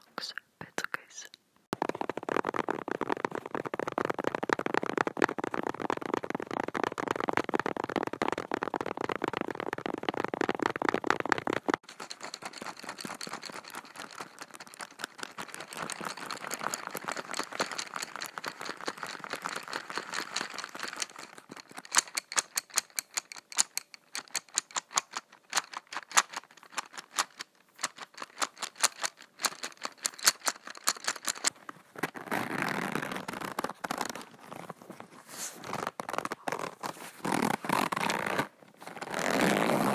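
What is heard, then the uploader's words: A pencil case is handled: after a brief pause, about ten seconds of dense, steady rattling shaking, then softer continuous scratching. From around twenty-two seconds come sparse, crisp taps and clicks, ending with a few louder rasping zip-like bursts. Crocs pencil case ASMR. Tapping, shaking side-to-side, shaking up-and-down, zipping, scratching, scratching zip of pencil case.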